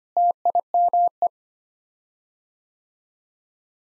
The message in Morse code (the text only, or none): TIME